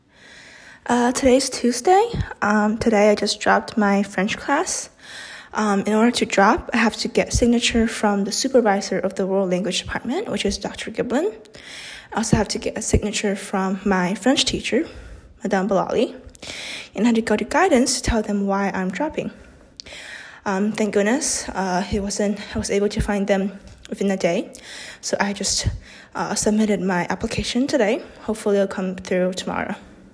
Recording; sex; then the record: free speech after running; female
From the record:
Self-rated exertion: moderate exertion (3 of 6); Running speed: 5 miles an hour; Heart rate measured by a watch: 127 beats a minute at the start, 125 at the end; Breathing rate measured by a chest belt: 13 breaths a minute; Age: 18 years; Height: 171 cm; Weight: 75 kg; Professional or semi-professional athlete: no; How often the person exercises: 1 to 2 times a week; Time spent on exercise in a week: under 1 hour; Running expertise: no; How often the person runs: 1 to 2 times a week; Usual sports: running, fencing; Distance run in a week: 3 km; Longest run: 21.3 km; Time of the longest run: 190 minutes